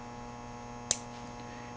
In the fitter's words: slide it straight you hear it snap and you want it loose just like that